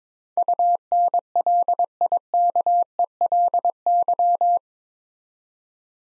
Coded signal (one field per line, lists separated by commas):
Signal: Morse code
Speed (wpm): 22 wpm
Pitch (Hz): 700 Hz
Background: none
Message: UNLIKELY